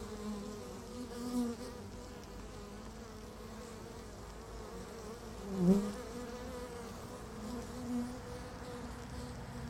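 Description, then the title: Honey bees buzzing steadily in a hive, a low layered drone with a single louder bee sweeping past near the middle. Bees inside a beehive, recorded in Laren, Gelderland, Netherlands, on July 17, 2015; not a binaural recording. "Beehive. Bijenkorf (Laren Gld., July 17th 2015)"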